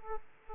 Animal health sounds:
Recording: mosquito wingbeat signal from an infrared sensor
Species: Aedes aegypti

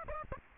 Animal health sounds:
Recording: mosquito wingbeat signal from an infrared sensor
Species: Aedes albopictus

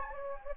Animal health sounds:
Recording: mosquito wingbeat signal from an infrared sensor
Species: Anopheles gambiae

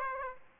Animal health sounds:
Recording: mosquito wingbeat signal from an infrared sensor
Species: Aedes aegypti

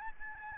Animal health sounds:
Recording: mosquito wingbeat signal from an infrared sensor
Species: Aedes albopictus

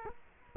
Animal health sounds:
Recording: mosquito wingbeat signal from an infrared sensor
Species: Culex quinquefasciatus

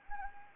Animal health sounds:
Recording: mosquito wingbeat signal from an infrared sensor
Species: Anopheles gambiae

